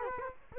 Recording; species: mosquito wingbeat signal from an infrared sensor; Culex quinquefasciatus